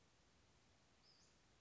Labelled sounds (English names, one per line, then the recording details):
Western Flycatcher
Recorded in Sonoma County, California